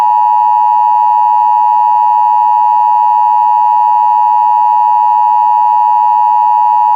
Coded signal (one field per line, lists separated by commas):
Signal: Emergency Alert System (SAME) tones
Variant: 853 and 960 Hz attention tone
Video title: EAS Scenario #10 - Meteor-X